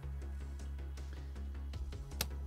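A mechanical key switch is lined up by its pins and pressed firmly into the hot-swap socket of a ZSA Voyager split keyboard, with steady music playing underneath. A sharp click at 2.2 s marks the switch seating in the socket, and it is confirmed to have gone in.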